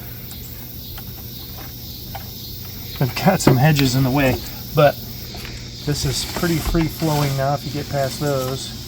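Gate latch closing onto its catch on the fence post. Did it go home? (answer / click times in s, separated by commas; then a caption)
no / none. A realigned, formerly sagging gate with a metal latch is handled near its catch on the fence post while someone talks over a steady background hiss. Nothing has seated or clicked yet by the end of the clip.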